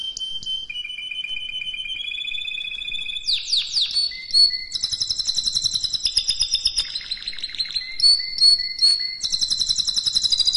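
Canary song: a held whistle followed by rapid descending sweeps, then long chains of fast repeated trilled notes at a brisk, bubbling pace.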